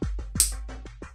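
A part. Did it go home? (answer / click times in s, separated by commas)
yes / 0.4 s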